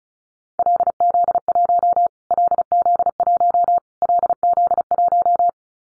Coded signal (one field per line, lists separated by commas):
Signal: Morse code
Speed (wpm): 34 wpm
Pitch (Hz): 700 Hz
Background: none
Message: LZ1 LZ1 LZ1